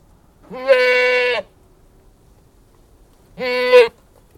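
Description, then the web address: Goat giving two strong, steady bleats a few seconds apart, the second shorter and growing louder toward its end, in otherwise quiet surroundings. Anglo-Nubian goat, recorded outdoors, bleating, with some very loud calls. "Anglo Nubian Goat, exterior, bleating (some very loud calls)"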